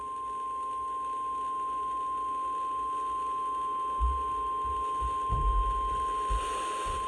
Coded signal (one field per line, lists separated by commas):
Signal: Emergency Alert System (SAME) tones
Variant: 1050 Hz attention tone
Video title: Round 2 (EAS Alerts from 1/10/23) (EAS #725-729)